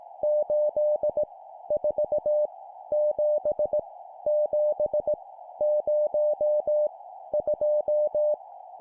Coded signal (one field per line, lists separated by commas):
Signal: Morse code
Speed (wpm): 18 wpm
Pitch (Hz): 600 Hz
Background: none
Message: 8 4 7 7 0 2